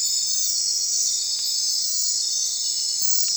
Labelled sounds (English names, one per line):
none